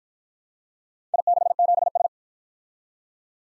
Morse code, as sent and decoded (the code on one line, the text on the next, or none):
.. -.... --... ...
I67S